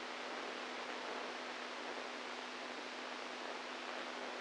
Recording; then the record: brain microelectrode recording played as sound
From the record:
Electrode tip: inside the subthalamic nucleus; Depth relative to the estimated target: 1 mm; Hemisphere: right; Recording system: NeuroSet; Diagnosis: Parkinson's disease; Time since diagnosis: 10 years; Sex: male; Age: 65 years